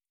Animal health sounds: hydrophone in a shrimp aquaculture tank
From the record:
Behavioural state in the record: feeding

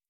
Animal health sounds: hydrophone in a shrimp aquaculture tank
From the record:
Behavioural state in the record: starved

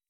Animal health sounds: hydrophone in a shrimp aquaculture tank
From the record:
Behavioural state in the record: weakened

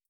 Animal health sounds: hydrophone in a shrimp aquaculture tank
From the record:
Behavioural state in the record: starved

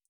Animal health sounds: hydrophone in a shrimp aquaculture tank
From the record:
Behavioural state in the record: feeding

